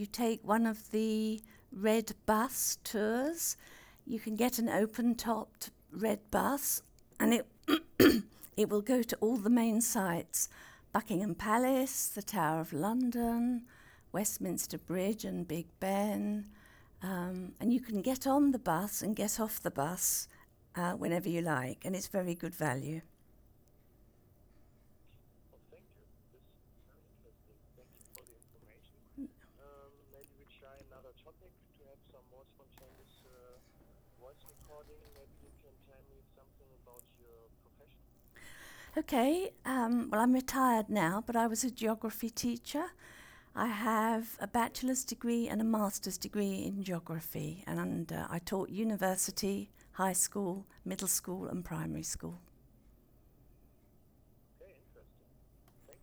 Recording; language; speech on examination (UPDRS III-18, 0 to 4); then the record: conversation on a phone call; English; 1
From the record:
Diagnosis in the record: Parkinson's disease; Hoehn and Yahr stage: 2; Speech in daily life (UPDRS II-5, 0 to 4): 1